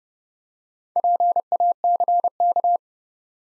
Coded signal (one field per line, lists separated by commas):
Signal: Morse code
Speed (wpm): 30 wpm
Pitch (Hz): 700 Hz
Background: none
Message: PACK